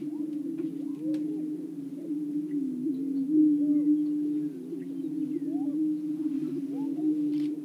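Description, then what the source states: Greater prairie-chicken: low, hollow booming from greater prairie-chickens runs throughout, mixed with looping whooping cackles and scattered short chatter. Several greater prairie-chickens calling.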